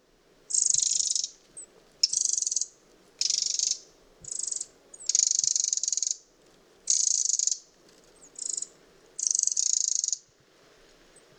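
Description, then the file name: Eurasian wren giving harsh, very high rattling bursts, most about a second long or less, repeated in quick succession with brief pauses between. "Troglodytes troglodytes"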